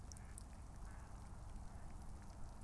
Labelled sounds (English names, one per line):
Mallard